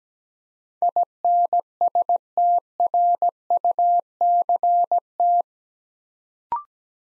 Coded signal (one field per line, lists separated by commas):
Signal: Morse code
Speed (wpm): 17 wpm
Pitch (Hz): 700 Hz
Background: none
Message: INSTRUCT